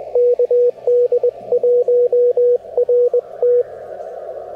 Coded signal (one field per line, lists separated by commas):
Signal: Morse code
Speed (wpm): 21 wpm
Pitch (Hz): 490 Hz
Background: radio noise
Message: KD1RT